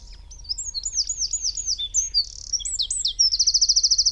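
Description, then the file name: Eurasian wren song, a rapid run of sharp, high chirps and twittering phrases that ends in a loud, fast, evenly pulsed trill. "Troglodytes troglodytes"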